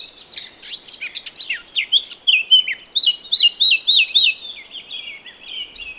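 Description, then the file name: Eurasian blackcap song: scratchy warbled chatter opening into a run of clear, fluting whistled notes, repeated rapidly and fading toward the end. "Sylvia atricapilla"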